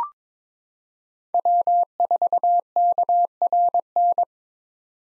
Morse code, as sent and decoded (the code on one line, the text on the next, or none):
.-- ....- -.- .-. -.
W4KRN